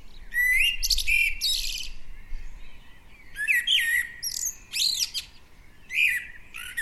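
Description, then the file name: Common blackbird giving fluty warbles mixed with squeaky high chatter, several phrases spread throughout, with a faint low rumble underneath. "Turdus merula 180806"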